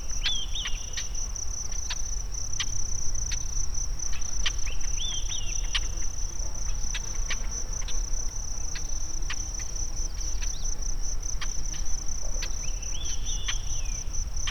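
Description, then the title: Bird calls: short warbled, down-slurred whistled phrases heard a few times, over a steady high-pitched insect drone and scattered sharp clicks. Sierra Nevada mountains, USA. "内华达山脉的鸟叫_美国"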